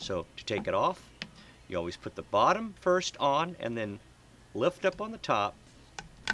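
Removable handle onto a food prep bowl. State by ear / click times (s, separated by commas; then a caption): seated / 6.3 s. Someone talks while a removable plastic handle, made to come off so the food prep bowl can be stored in a refrigerator, is clipped onto the bowl bottom first and then pressed on at the top. A sharp snap is heard at 6.3 seconds as the handle seats into place.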